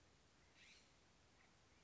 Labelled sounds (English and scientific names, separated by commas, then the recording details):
California Scrub-Jay (Aphelocoma californica)
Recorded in Sonoma County, California